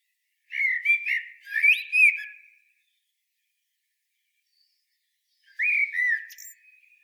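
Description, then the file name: Common blackbird giving a rich, fluty warbled phrase with thin high notes, then a shorter whistled phrase after a few seconds of silence. "Turdus merula"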